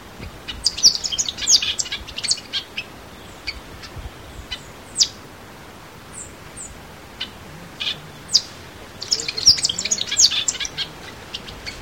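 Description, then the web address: Tanager song: high, jumbled twittering phrases at the start and end, with separate thin chips and short whistled notes between them. "cantos tangaceles"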